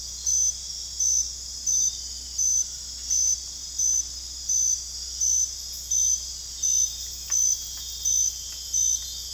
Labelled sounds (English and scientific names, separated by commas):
none